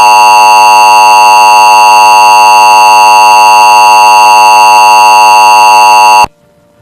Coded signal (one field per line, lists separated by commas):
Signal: Emergency Alert System (SAME) tones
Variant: 853 and 960 Hz attention tone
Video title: EAS FL AMBER ALERT 9/26/21